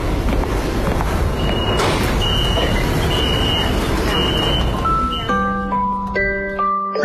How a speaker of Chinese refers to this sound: 看地铁来了，咱们一起排队上车喽。 上车喽。